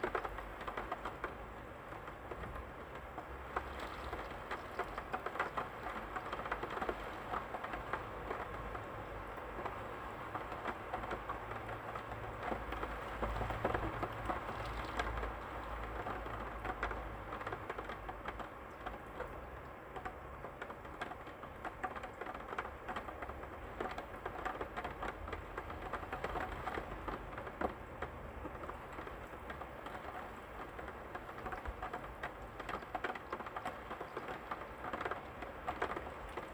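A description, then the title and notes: Steady, dense rain patters without pause, with a low rumble underneath and brief brighter swells around fourteen and twenty-seven seconds. Rainy Europe. 7pm. Calming raindrops.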